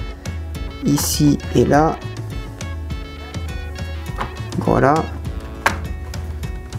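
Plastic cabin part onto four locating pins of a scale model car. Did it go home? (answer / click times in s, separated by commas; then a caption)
yes / 5.7 s. A plastic cabin part of a Bugatti Veyron 16.4 Super Sport scale model car is pressed onto four small locating pins while someone talks over background music. A sharp tap at 5.7 s marks the part clipping perfectly into place.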